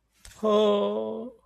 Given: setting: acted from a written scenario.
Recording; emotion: vocal sound without words; adoration